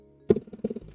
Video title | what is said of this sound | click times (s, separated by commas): Aldi sells a Electric Screwdriver ( with a circular saw) for £19.99 is it any good ? | there we go and again as you can tell from that very loud cracking sound that was the talk | 0.3 s, 0.4 s, 0.5 s, 0.6 s, 0.7 s, 0.8 s